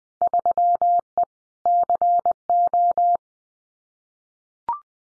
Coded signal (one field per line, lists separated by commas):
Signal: Morse code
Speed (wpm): 19 wpm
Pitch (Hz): 700 Hz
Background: none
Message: 3E CO